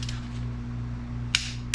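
A torque wrench is ratcheted on a steel connecting rod bolt during the bottom end assembly of a 240SX KA24DE engine, over a steady low hum. It gives a sharp click at its setting at 1.4 s, confirming the bolt has reached its torque.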